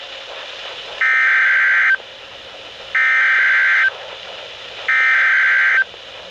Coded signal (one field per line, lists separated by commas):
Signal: Emergency Alert System (SAME) tones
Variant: header bursts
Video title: Last April Showers and Storms | EAS Alerts From 4/30/2025 (EAS #2,805-2,824)